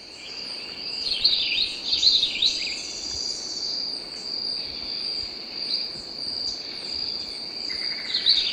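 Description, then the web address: Rufous-naped greenlet song: bursts of quick, slurred high warbling notes, loudest around two seconds in, over a steady shrill insect drone. Ecuador. "Birds of Ecuador. Rufous-Naped Greenlet"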